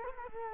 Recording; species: mosquito wingbeat signal from an infrared sensor; Culex quinquefasciatus